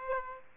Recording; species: mosquito wingbeat signal from an infrared sensor; Aedes aegypti